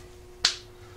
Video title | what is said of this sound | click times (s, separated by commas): AMR Coil,Spark Plug Wire, Spark Plug Boot, and Spark Plug Install 2007 Polaris Outlaw 525 | hear it snap in then | 0.5 s